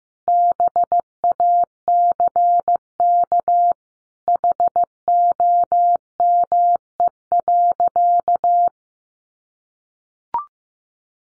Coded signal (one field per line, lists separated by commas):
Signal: Morse code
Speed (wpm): 15 wpm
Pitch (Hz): 700 Hz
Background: none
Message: BACK HOME.